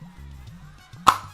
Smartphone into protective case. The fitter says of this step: Oh yeah, that's a nice nice click in there.